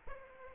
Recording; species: mosquito wingbeat signal from an infrared sensor; Aedes aegypti